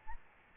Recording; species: mosquito wingbeat signal from an infrared sensor; Aedes albopictus